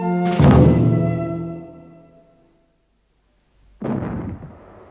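Two booming salute shots from two small cannons fired toward a blue sky as a signal, about three seconds apart, each a sharp blast that rumbles away; the first rings out longer before fading to silence.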